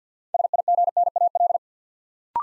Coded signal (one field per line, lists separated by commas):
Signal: Morse code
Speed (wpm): 50 wpm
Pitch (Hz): 700 Hz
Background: none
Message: SIGNAL